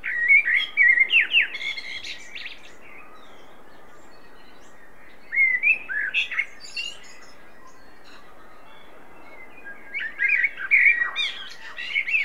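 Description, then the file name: Common blackbird singing three warbled phrases separated by pauses, each with fluted whistles and squeaky high notes over a steady background hiss. "Turdus merula"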